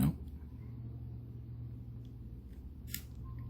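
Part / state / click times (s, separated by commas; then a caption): small plastic clip-on part onto model train car body / seated / 2.9 s. A small plastic clip-on part for lights on a MicroAce Resort Hybrid A9593 model train car is pressed onto the car body on a retry, over a steady low hum while someone talks briefly. A faint tick at 2.1 s is followed by a sharp click at 2.9 s as the tiny plastic clips snap into the body and the part seats.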